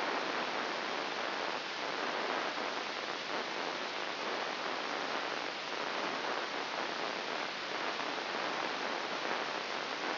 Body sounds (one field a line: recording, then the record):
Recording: brain microelectrode recording played as sound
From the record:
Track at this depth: inside the subthalamic nucleus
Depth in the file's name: 2.604 mm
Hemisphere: right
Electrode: 3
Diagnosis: Parkinson's disease